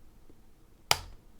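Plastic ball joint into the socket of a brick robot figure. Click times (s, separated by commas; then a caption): 0.9 s. A plastic ball joint on a building-brick robot figure is pressed into its socket and snaps into place with a single sharp click at 0.9 s. The click is bright and broadband with a brief low thump, set against quiet background. The joint is seated.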